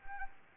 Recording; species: mosquito wingbeat signal from an infrared sensor; Anopheles arabiensis